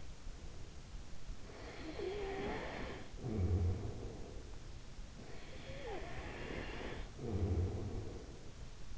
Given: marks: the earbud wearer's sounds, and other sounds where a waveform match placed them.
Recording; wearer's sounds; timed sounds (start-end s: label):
sounds in sleep by an in-ear microphone; snoring breath
1.42-4.57 s: snoring breath
5.51-8.77 s: snoring breath